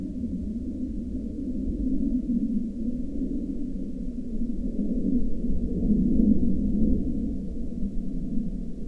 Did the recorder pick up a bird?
no